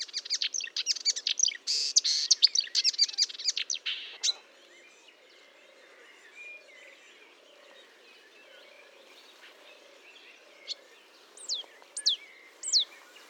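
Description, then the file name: Marsh warbler song: a rapid, varied burst of high chattering and buzzy notes for four seconds, a long quiet gap, then a few sharp, sweeping whistles near the end. Fontaine-Française, France, 1 June 2022, 10:55; recorded with a Nagra recorder and Telinga parabolic microphone. "Rousserolle verderolle 1055 Fontaine-Francaise-Fourneau"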